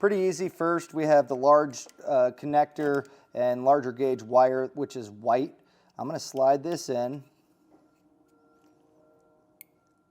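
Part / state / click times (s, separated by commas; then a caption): crimped wire terminal into a trailer wiring connector housing / seated / 9.6 s. A crimped terminal on a large-gauge white wire is slid into its cavity in the plastic seven-pole connector housing of a Pollak fifth wheel and gooseneck T-connector trailer wiring harness for a 2020 Chevrolet Silverado 3500. Someone talks for the first seven seconds, followed by a quiet stretch with faint handling noise. A slight, sharp click at 9.6 s shows the terminal has locked into the housing.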